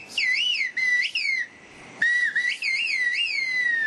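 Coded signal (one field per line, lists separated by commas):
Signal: whistled language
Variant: Turkish kuş dili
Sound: loud piercing whistle gliding up and down in pitch, phrase-like segments with brief pauses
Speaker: and here's a sample of the turkish based language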